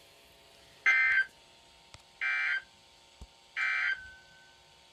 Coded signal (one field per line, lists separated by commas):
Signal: Emergency Alert System (SAME) tones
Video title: 4 Severe Thunderstorm Warnings (4/16/17) (EAS #119-122)